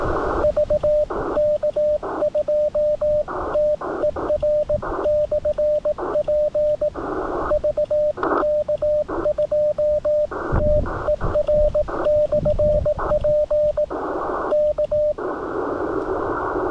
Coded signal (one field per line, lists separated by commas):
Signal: Morse code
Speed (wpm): 18 wpm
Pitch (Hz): 600 Hz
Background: radio noise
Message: VK2TER/P VK2TER/P K